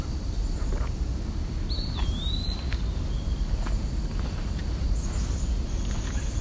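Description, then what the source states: Eastern wood-pewee call: a thin, slurred whistle that dips and then rises, heard once, with another brief high note later, over steady low rumbling background noise. Juvenile.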